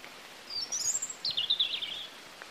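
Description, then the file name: European robin song: one rich phrase of high, thin, rapidly warbled notes lasting about a second and a half, with soft hiss behind. "Erithacus rubecula"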